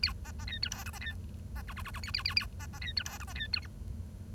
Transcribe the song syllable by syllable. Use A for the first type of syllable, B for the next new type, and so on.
A B B C D E F B C B G G G G A A A A B B C D E F B C D H